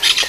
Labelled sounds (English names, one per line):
Brown-throated Parakeet contact call